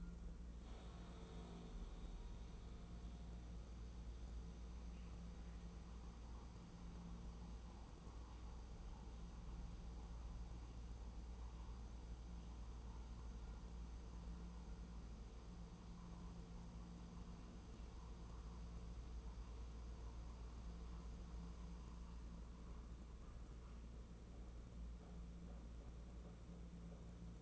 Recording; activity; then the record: daily activity, microphone in the room; make coffee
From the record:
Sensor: 1